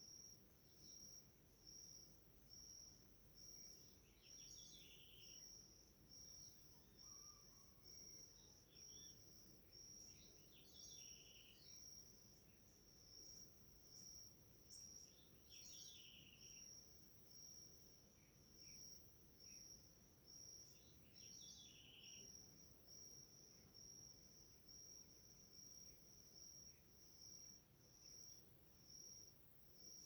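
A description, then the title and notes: Crickets chirp without pause in a high, steady, pulsing trill throughout the morning, in a village in the Mata Atlântica rainforest. Brief bird calls break in roughly every five seconds. A low, constant rumble fills the background. Symphony of crickets in a relaxing morning in a village in middle a Mata Atlântica rainforest. Recorded in High Quality 456kbps 48kHz.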